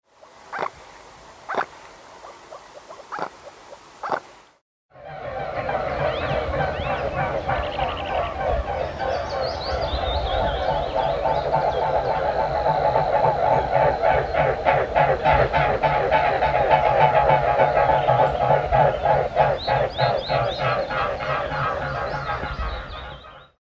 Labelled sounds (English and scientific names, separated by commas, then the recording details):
Mute Swan (Cygnus olor)
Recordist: Frommolt, Karl-Heinz
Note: Rufe und Fluggeräusche